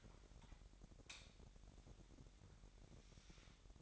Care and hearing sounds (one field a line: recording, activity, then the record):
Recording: daily activity, microphone in the room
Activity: light on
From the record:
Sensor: 3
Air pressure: 1011.9 hPa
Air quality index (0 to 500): 234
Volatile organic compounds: 5 ppm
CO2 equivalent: 1736 ppm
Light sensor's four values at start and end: 15/35/15/15 and 17/43/18/18